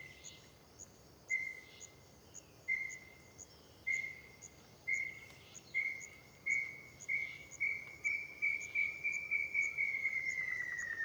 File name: Passaro canto que parece grilo no parque terra ronca ao amanhecer com grilo e outros passaros